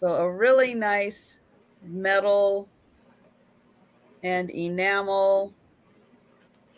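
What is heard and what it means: During a live vintage sale, a small piece of a metal and enamel brooch is handled as it is being fitted back into its setting. Someone talks in short bursts with quiet pauses between them. Nothing has seated or clicked yet by the end of the clip.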